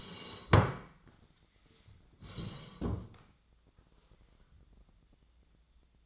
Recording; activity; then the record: daily activity, microphone in the room; sit down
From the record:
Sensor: 3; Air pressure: 1012.2 hPa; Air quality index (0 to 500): 172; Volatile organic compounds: 3 ppm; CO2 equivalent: 1320 ppm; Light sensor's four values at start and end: 90/191/97/107 and 68/160/75/81